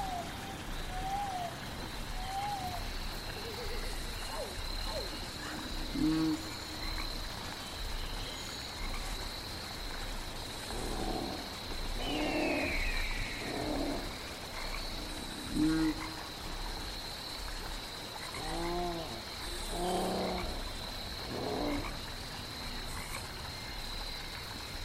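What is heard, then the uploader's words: A prehistoric forest scene with a steady high insect-like whine running throughout and a dense rustling bed beneath. Croaking, warbling creature calls break in at about 6, 12, 16, 19 and 22 seconds, with a few brief chirps early on. Jurassic world ambience |prehistoric forest | dinosaur sounds.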